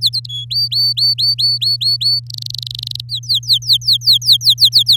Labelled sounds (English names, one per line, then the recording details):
Domestic Canary song
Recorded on 8 May 2018 at 06:15
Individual llb16